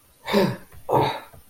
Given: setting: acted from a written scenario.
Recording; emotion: vocal sound without words; distress